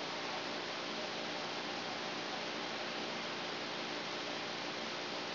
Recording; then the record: brain microelectrode recording played as sound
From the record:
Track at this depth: inside the subthalamic nucleus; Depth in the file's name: 0.061 mm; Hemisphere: right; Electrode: 2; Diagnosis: Parkinson's disease